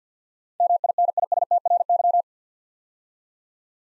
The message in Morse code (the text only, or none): MINISTRY